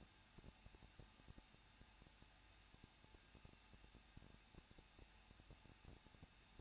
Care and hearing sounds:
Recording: daily activity, microphone in the room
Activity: no activity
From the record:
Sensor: 2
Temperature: 21.0 degrees Celsius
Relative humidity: 37.5%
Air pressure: 1006.3 hPa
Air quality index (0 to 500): 223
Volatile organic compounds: 25 ppm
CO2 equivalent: 2834 ppm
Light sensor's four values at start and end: 2/3/2/2 and 2/3/2/2

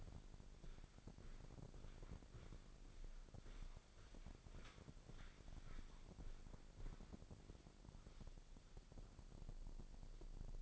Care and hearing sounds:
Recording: daily activity, microphone in the room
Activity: walk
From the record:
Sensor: 5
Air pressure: 1009.4 hPa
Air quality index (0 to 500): 146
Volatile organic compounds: 2 ppm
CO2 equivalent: 1131 ppm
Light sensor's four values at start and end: 358/854/367/409 and 357/851/366/408

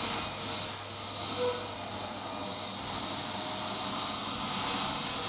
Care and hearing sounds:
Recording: daily activity, microphone in the room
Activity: vacuum cleaning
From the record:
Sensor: 3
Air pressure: 1010.2 hPa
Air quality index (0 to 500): 171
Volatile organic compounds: 10 ppm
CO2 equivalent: 2232 ppm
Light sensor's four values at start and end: 47/117/51/56 and 48/119/52/58

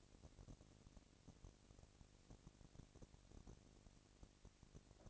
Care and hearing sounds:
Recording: daily activity, microphone in the room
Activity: no activity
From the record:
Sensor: 4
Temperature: 22.5 degrees Celsius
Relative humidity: 33.4%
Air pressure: 999.6 hPa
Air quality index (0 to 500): 230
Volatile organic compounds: 20 ppm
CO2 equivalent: 2702 ppm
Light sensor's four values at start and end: 2/3/1/1 and 2/3/1/1

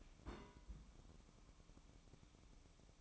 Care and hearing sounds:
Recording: daily activity, microphone in the room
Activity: place on stove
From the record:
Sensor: 1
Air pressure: 1008.0 hPa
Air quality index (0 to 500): 129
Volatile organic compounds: 2 ppm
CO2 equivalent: 1086 ppm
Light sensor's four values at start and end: 8/18/7/8 and 8/18/7/8

